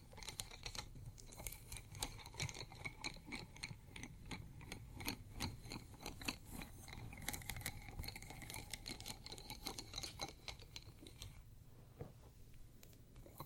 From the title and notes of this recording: ASMR 3 EXTREMELY TINGLY ITEMS（No Talking） pencils, studs, ceramic.